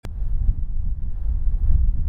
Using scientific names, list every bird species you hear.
none